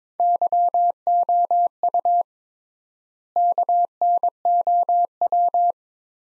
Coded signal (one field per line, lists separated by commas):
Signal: Morse code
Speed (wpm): 22 wpm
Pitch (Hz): 700 Hz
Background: none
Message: YOU KNOW